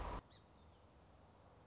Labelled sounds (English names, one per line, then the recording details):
Song Sparrow
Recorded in Sonoma County, California